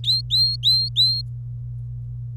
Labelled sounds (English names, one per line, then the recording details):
Domestic Canary song
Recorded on 25 April 2018 at 16:16
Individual llb3